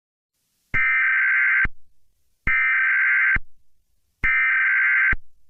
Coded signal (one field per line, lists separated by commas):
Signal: Emergency Alert System (SAME) tones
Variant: header bursts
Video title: Extraterrestrial (Alien Invasion EAS Scenario)